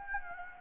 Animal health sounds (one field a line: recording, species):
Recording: mosquito wingbeat signal from an infrared sensor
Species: Anopheles gambiae